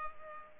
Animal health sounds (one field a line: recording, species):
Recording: mosquito wingbeat signal from an infrared sensor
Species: Culex pipiens